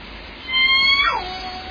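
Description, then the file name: Orca call, a harmonic tone holding steady, then sweeping sharply downward in pitch and holding lower, over a low hiss. Recorded at Limekiln on 11 June 2014 at 22:46. "2014 06 11 22 46 25 Orca limekiln"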